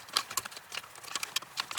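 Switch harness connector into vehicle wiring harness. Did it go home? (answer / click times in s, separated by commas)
no / none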